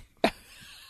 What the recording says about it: Some cameraman had sneezed like that. That's not a normal sneeze. I don't think that's a symptom.